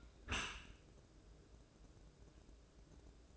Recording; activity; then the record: daily activity, microphone in the room; close dishwasher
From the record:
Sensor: 2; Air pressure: 1012.1 hPa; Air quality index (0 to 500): 134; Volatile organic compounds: 2 ppm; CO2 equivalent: 986 ppm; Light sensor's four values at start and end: 302/739/300/306 and 302/740/301/306